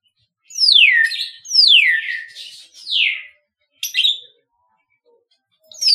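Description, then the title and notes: Common hill myna song: loud whistled notes sweeping steeply downward, three in quick succession, then a short buzzy burst and another falling whistle after a pause. "Kicau Burung Beo"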